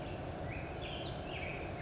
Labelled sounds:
Black-headed Grosbeak
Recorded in Sonoma County, California

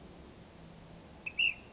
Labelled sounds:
Ash-throated Flycatcher
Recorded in Sonoma County, California

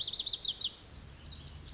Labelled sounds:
Lazuli Bunting
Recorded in Sonoma County, California

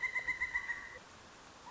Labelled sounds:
Pileated Woodpecker
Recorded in Sonoma County, California

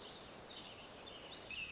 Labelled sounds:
Pacific Wren
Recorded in Sonoma County, California

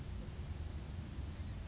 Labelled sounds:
Blue-gray Gnatcatcher
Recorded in Sonoma County, California

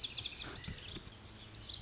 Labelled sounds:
Lazuli Bunting
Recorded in Sonoma County, California

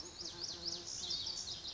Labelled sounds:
Lazuli Bunting
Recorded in Sonoma County, California

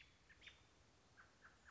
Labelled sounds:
American Robin
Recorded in Sonoma County, California

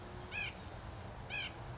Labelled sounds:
White-breasted Nuthatch
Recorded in Sonoma County, California

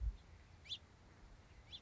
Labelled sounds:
House Finch
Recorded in Sonoma County, California

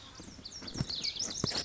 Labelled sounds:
Lazuli Bunting
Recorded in Sonoma County, California

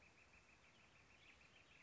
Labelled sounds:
Northern Flicker
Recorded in Sonoma County, California

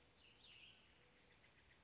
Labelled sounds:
Cassin's Vireo
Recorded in Sonoma County, California

